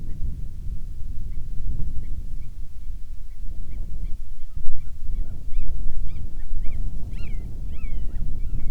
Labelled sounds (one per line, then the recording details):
bird
wind
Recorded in the Arctic National Wildlife Refuge, Alaska, on 10 July 2019 at 18:43
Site 44